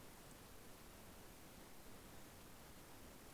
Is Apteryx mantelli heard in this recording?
no